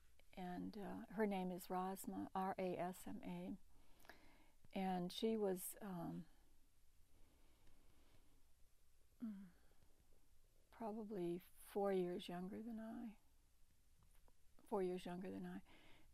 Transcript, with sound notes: and her name is Rasma, R-A-S-M-A, and she was [pause] probably four years younger than I. Four years younger than I.